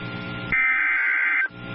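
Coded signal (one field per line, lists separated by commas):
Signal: Emergency Alert System (SAME) tones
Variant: header bursts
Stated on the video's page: Valid EAS tones.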